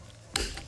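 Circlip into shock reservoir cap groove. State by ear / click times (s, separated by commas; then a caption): seated / 0.4 s. A circlip is pressed into the groove of the bladder cap on an RM250 shock reservoir, snapping into place with one sharp metallic click at 0.4 s, followed by a softer tick at about 0.6 s. The circlip is seated in its groove.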